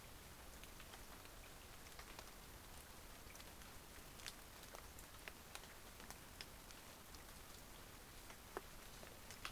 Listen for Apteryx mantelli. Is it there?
no